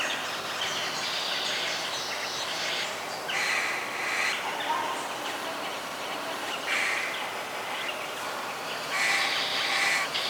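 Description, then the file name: Bird calls, short rasping notes scattered throughout, partly masked by heavy, constant rainfall. Birds calling during rain. "Rain Birds - Sleepy Bird Sounds"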